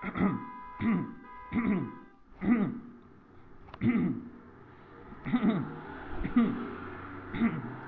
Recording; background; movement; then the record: throat clearing; traffic; sitting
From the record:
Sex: male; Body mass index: 22.0 kg/m2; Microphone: on the chest, facing the body